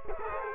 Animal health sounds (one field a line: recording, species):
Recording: mosquito wingbeat signal from an infrared sensor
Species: Culex quinquefasciatus